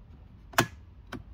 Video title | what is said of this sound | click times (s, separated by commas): changement du commutateur des feux ou commodo de phares vw polo 2008 9n3 | entendra un clic. Voilà. | 0.6 s